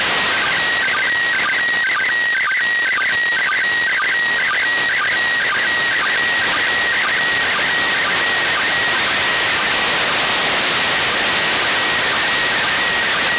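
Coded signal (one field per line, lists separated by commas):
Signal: SSTV (slow-scan television)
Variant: PD120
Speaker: this one, so use Apollo Soyuse 50th anniversary.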